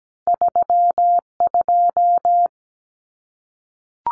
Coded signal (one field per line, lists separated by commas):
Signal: Morse code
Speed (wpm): 17 wpm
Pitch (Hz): 700 Hz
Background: none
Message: 32